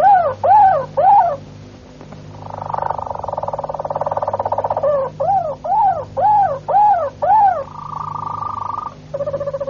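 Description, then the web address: Harz Roller canary song: low, soft arched whistles in groups, a long buzzy rolling trill, more arched notes, then a steady fluted tone and a quick bubbling roll; faint low hum beneath. "canarios cantoharz"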